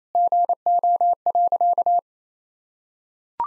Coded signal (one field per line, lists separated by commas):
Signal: Morse code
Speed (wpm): 27 wpm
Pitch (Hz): 700 Hz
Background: none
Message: GO.